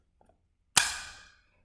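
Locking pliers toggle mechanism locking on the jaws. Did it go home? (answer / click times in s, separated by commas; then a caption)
yes / 0.8 s. After the bolt at the back end is adjusted, a pair of locking pliers is squeezed shut until the metal toggle mechanism on the jaws snaps over centre and locks, so the tool can be used on a broken screw head. Two faint ticks come first, then one sharp metallic click at 0.8 s rings out bright and fades by about 1.4 s. The pliers are locked and fully engaged.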